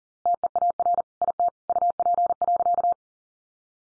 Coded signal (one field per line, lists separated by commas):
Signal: Morse code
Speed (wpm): 40 wpm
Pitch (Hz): 700 Hz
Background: none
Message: TEAR IT UP.